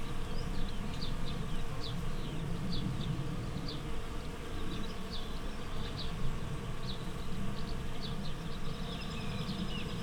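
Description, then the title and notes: Bees making an unbroken low buzz for the whole stretch, with frequent quick bird chirps scattered on top. Bees in a flowering rapeseed field, Słoneczna 9, Siemianowice Śląskie, Poland, Saturday 18 May 2019; Zoom H5 with Audio-Technica BP4025. "Słoneczna 9, 41-106 Siemianowice Śląskie, Polska - Pszczoły w rzepaku. Sobota, 18 maja 2019. Pszczoły w rzepaku. Szpaki, gołębie, kawki, samolot i piła w tle. Nagrania terenowe Siemianowic Śląskich - Dźwiękowy Portret Miasta"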